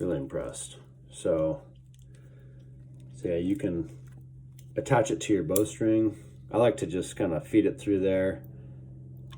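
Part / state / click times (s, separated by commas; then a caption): archery release jaw onto bowstring loop / seated / 9.3 s. Someone talks while feeding the hook or jaw of a wrist-strap archery release through the bowstring loop. At 9.3 s a small latching click sounds as the release jaw closes and seats on the bowstring loop.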